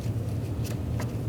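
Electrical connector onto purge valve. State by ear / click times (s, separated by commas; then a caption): not seated / none. A plastic electrical connector is lined up by hand on the purge valve of a 2010-16 Buick LaCrosse during a spark plug replacement. A low steady hum runs under faint handling noises, with a brief soft tick near 1.0 s. Nothing has seated or clicked yet.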